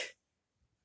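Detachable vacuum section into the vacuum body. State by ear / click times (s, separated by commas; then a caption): not seated / none. A plastic detachable section of a Shark corded anti hair wrap Lift Away vacuum cleaner is handled as it is pushed toward the vacuum body. A short broadband rustle at the very start fades within about 0.2 seconds, leaving near silence with a faint low thump around 0.6 seconds. Nothing has seated or clicked yet.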